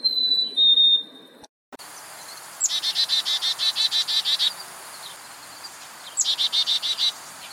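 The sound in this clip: Bird sounds: a whistled note, a brief break, then a rapid buzzy trill of many pulses, with a shorter trill after a pause.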